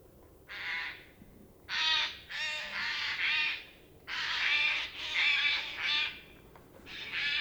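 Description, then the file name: Eurasian jay calling with loud, grating screeches, several in quick succession, some run together into longer rasping phrases. "Garrulus glandarius"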